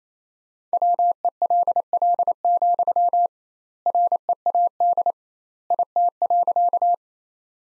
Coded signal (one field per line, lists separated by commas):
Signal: Morse code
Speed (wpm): 28 wpm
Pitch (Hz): 700 Hz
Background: none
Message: WELL, READ IT.